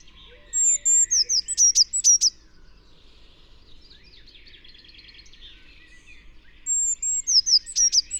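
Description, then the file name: Eurasian blue tit calls: a run of high, sharp, thin notes, then softer chattering, then another high run at the end. "Cyanistes caeruleus"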